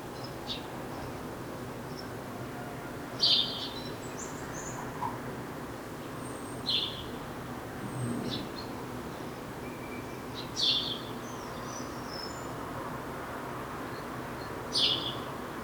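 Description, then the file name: House sparrow chirps, short sharp single notes spaced several seconds apart, over a steady rushing background noise. "Passer domesticus"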